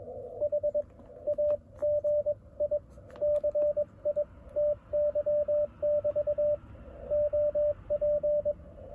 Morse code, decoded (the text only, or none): HAGI CITY<BT> OP